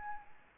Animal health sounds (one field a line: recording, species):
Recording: mosquito wingbeat signal from an infrared sensor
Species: Aedes albopictus